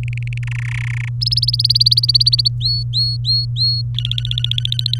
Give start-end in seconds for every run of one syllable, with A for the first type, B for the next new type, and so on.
0.03-0.38 A, 0.43-1.09 B, 1.21-2.48 C, 2.60-3.82 D, 3.94-4.99 E